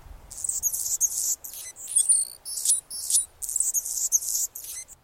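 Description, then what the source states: Anna's hummingbird giving thin, scratchy, high-pitched buzzy bursts in quick irregular runs, with short pauses between them, over a quiet background. Male.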